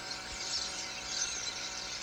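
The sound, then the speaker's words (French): Common starling calls: a steady, dense stream of harsh, rattling chatter with a few brief high whistles flashing through, holding an even loudness throughout with no voices. “Les tourneaux sans sonnet est un oiseau très vocal toute l'année.”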